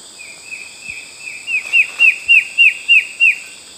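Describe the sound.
Bird call: a run of about seven quick down-slurred chirps, evenly spaced, over steady high background tones.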